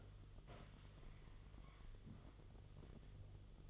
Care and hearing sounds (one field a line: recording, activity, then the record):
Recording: daily activity, microphone in the room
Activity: sit down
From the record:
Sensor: 4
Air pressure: 1005.9 hPa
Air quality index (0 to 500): 106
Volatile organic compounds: 3 ppm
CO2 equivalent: 1326 ppm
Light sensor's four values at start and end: 13/29/11/10 and 13/29/11/10